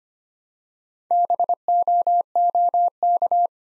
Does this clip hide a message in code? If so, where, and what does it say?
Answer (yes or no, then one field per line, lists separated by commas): yes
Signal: Morse code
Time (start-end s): 1.1-3.5 s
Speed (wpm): 25 wpm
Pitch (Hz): 700 Hz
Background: none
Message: BOOK